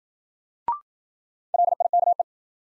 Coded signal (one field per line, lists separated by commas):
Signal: Morse code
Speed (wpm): 53 wpm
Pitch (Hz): 700 Hz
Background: none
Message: LIKE